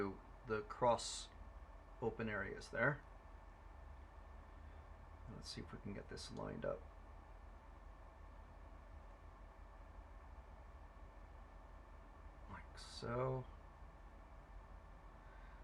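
Someone talks while lining up a toothed plastic drivetrain part of an HPI Venture SBK RC motorbike kit with its mating part, with a few soft handling sounds over a quiet background. Nothing has seated or clicked yet; this is only the alignment before the part is wiggled and turned to lock into place.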